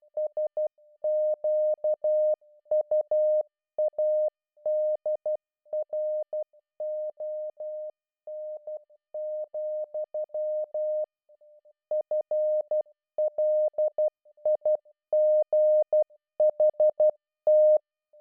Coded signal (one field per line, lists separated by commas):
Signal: Morse code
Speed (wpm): 12 wpm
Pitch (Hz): 610 Hz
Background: none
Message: SQUADRON, FLIGHT